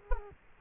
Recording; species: mosquito wingbeat signal from an infrared sensor; Culex quinquefasciatus